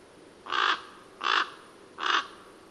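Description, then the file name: Common raven calling three times, coarse croaking notes evenly spaced about three quarters of a second apart, with steady faint hiss between. "Corvo Imperiale"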